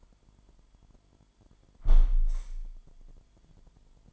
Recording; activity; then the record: daily activity, microphone in the room; close window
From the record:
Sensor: 5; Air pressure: 998.7 hPa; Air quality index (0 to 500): 105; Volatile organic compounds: 2 ppm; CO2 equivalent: 1216 ppm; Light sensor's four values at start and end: 58/143/59/67 and 57/143/59/67